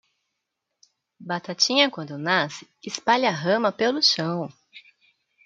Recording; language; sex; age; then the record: short text; Brazilian Portuguese; female; 20 to 29 years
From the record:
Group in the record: control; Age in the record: 28 years